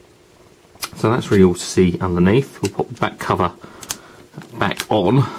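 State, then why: Not seated. Someone talks while handling the rubberized plastic back cover of a BlackBerry Z30 smartphone, bringing it back toward the phone body to press it on. Brief sharp handling sounds come at about 3.9 s and 4.4 s. The cover has not snapped into place yet; nothing has seated or clicked.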